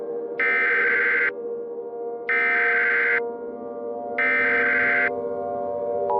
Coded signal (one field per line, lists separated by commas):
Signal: Emergency Alert System (SAME) tones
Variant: header bursts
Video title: EAS Scenario - The USA's Self-Demise